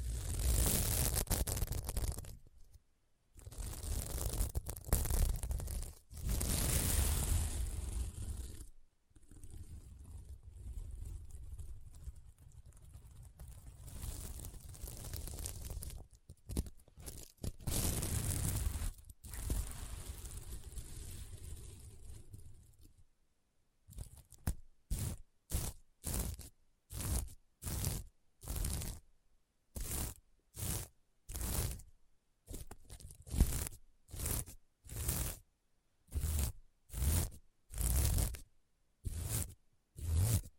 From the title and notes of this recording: ASMR Satisfying SequinMermaid Pillow Scratching Sounds (No Talking).